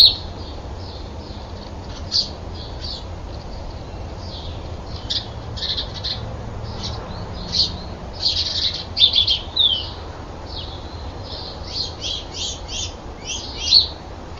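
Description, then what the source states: Common nightingale song, short high chirps and trilled bursts in quick irregular phrases, louder clusters near the middle and end, faint low hum underneath. Nightingales fighting.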